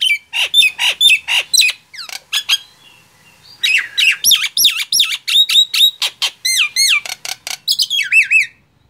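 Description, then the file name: Nias hill myna song: loud whistled and squawking notes in quick bursts, a brief pause near three seconds, then looping downward-curving whistles toward the end. "suara jalak nias"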